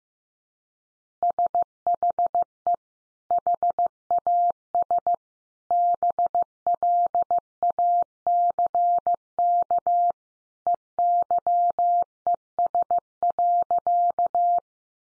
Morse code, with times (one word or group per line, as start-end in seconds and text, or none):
1.2-2.7 SHE
3.3-5.1 HAS
5.7-10.1 BLACK
10.7-14.6 EYES.